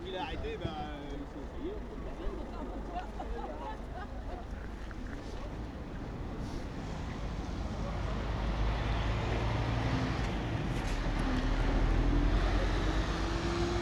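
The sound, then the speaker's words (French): Low engine rumble of a car and a truck stopped at a road blockade on the industrial boulevard of Sotteville-lès-Rouen, France, on 15 January 2020, mixed with wind noise and voices, the motor hum swelling and rising slightly in pitch toward the end. “Première voiture et camion arrêté.”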